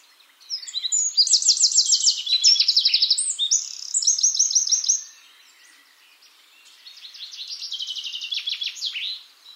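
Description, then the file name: Eurasian wren singing a long, loud song of high, rapid, rattling trills, then after a pause a second, softer song. "Troglodytes troglodytes"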